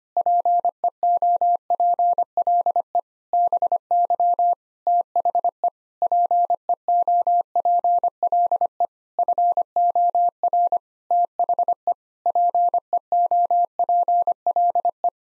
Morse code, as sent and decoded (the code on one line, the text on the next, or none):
.--. . --- .--. .-.. . / -... -.-- / - .... . / .--. . --- .--. .-.. . / ..-. --- .-. / - .... . / .--. . --- .--. .-.. .
PEOPLE BY THE PEOPLE FOR THE PEOPLE